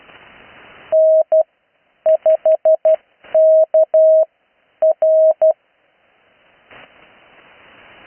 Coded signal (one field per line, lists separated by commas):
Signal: Morse code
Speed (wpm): 12 wpm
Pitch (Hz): 630 Hz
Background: none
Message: N5KR